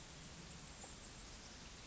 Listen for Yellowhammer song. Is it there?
no